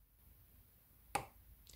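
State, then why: Seated. A small screw is turned slowly counter-clockwise in a plastic screw post of a battery speaker housing, so it lines up with the existing plastic thread instead of ripping it. After quiet low rustling, a sharp click at 1.2 s marks the screw dropping into the start of the thread, followed by a faint tick at 1.7 s. The screw is seated in the thread and ready to be screwed in.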